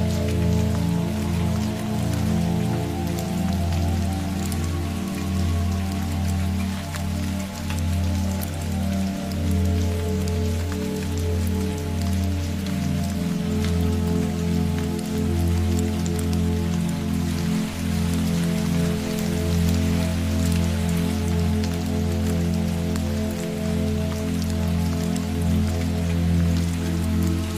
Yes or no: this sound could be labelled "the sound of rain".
yes